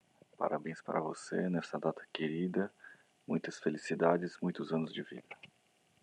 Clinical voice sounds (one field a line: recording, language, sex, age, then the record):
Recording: short text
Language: Brazilian Portuguese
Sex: male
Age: 40 to 49 years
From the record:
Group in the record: control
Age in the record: 44 years